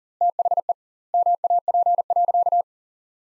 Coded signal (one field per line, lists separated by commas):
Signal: Morse code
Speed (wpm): 37 wpm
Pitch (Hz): 700 Hz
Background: none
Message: THE MAP.